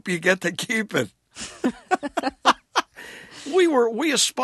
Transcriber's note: soundbite of laughter